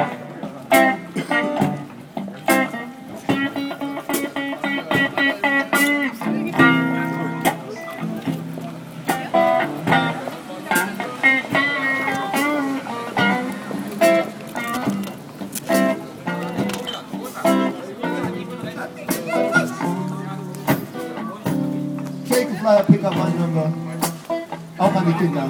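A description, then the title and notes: A busker in Prenzlauer Berg plays a continuous tune of sustained, shifting notes over a steady low bass line. Sharp, regular strikes mark the beat the whole way through, and a voice-like melody seems to weave in among the notes. Prenzaleurberg busker by ejcoombe.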